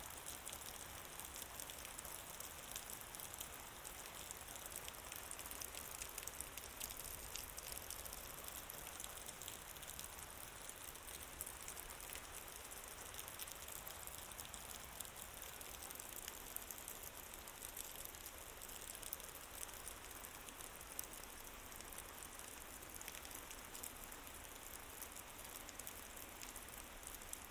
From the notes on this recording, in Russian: звуками ночного ливня, грома, текущих потоков воды